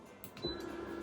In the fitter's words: Alright, we're going to push this in until it clicks